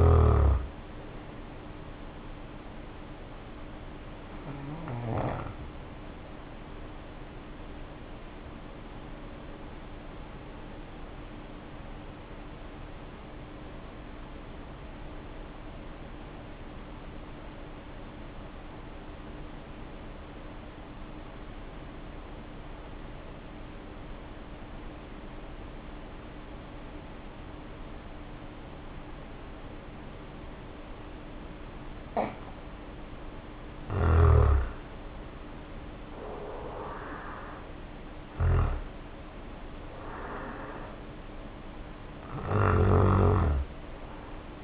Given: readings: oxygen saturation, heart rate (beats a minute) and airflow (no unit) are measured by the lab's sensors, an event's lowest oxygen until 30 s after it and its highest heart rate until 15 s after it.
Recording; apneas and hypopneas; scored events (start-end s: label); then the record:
breathing in sleep by a voice recorder at the bedside; 1
12.00-36.90 s: hypopnea (N1, oxygen 95% highest, then 75% lowest, heart rate 49 at the start, 68 highest)
19.00-44.64 s: new sleep stage, N2 (light sleep)
From the record:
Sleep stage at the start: N1 (lightest sleep); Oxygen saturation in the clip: 76 to 95%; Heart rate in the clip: 49 to 68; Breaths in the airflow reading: 10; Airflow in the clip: -1.7 to 2.4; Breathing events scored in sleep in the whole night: 520 in 7.2 hours asleep